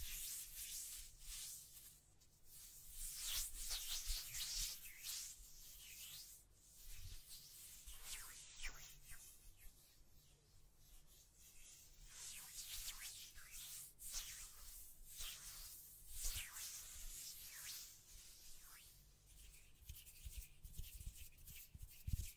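Hands brush and scratch across a microphone in slow, uneven sweeps, each stroke swelling into a soft hiss and fading again. Textured rubbing continues throughout the clip, with a few low thumps and taps underneath, especially near the end.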